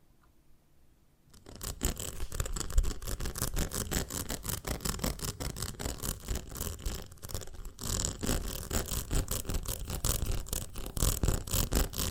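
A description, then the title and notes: Honeycomb on a branch being handled, starting after about a second and a half of near silence. Dense, rapid scratching and brushing strokes follow continuously, crisp and bright with a rough low undertone, surging slightly around eight and eleven seconds. ASMR of a Honeycomb on Branch (No Talking).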